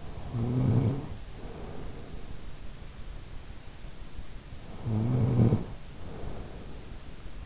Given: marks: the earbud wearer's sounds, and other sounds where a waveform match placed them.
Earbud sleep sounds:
sounds in sleep by an in-ear microphone; snoring breath
0.00-2.35 s: snoring breath
4.59-7.27 s: snoring breath

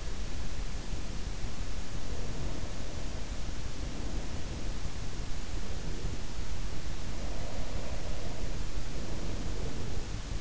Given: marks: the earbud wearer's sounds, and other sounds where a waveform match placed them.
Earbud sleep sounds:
sounds in sleep by an in-ear microphone; breath
2.06-4.92 s: breath
6.43-10.41 s: breath

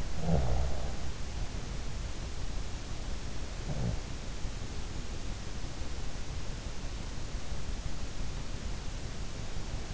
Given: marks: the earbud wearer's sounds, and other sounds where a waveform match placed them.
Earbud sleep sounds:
sounds in sleep by an in-ear microphone; snoring breath
0.00-1.08 s: snoring breath
3.52-4.21 s: snoring breath

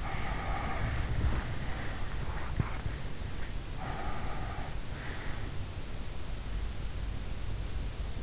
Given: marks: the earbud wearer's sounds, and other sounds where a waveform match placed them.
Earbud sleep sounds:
sounds in sleep by an in-ear microphone; breath, body movement
0.00-2.05 s: breath
0.41-3.15 s: body movement
3.80-5.79 s: breath

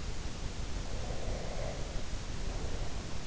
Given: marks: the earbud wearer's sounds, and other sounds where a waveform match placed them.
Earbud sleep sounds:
sounds in sleep by an in-ear microphone; breath
0.84-3.13 s: breath

